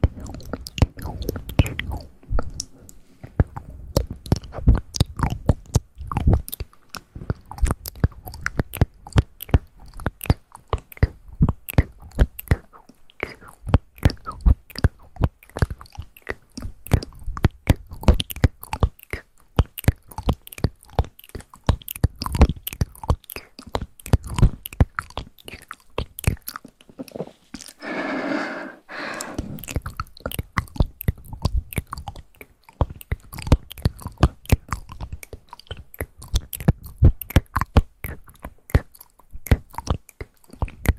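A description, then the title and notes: Mouth sounds: a dense, fast stream of wet clicks, smacks and crunchy chewing noises, running almost without pause across the whole clip. Around the 27–29 second mark a longer breathy, hissing sound briefly interrupts the clicking before it resumes. ASMR mouth sounds.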